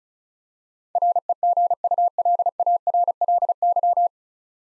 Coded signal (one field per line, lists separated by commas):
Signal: Morse code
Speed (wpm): 35 wpm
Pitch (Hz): 700 Hz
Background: none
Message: REGULARLY